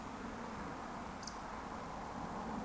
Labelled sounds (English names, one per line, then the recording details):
Eurasian Woodcock whistle
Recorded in Baden-Württemberg, Germany, on 13 June 2020 at 20:38 UTC
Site 14569, 102 m above sea level